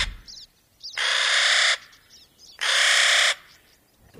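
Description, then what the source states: Clark's nutcracker giving two long, harsh, grating calls. Harsh, raucous call heard live in pine forests, audible year-round there.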